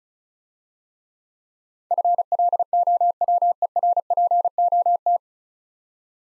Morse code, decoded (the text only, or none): FLOWERPOT